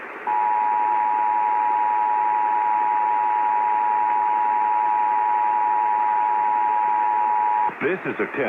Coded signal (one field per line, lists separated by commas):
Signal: Emergency Alert System (SAME) tones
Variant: 853 and 960 Hz attention tone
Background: speech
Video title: 50 States, 50 EAS Alerts (1K Sub. Special)